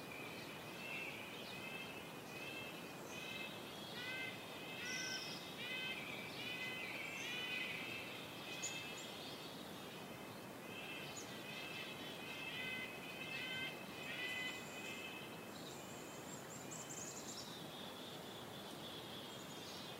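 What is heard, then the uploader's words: Birds sing through a cold winter forest morning, with busy overlapping chirps and trills in the upper range, thickest in the first half and thinning later. A steady breeze hiss through the trees fills the background at an even level throughout. A Winter Forest Morning. Winter temperatures have finally arrived in our part of Canada, but the birds still sing their songs as the cold breeze filters through the trees.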